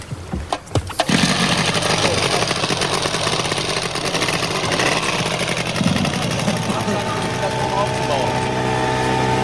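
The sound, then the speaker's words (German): A few knocks and clunks, then an engine catches and runs loud and steady, a rattling, buzzing drone that holds its pace and shifts slightly in pitch toward the end. “So, ich darf jetzt wieder jucken lassen. Ja, den Motor meine ich.”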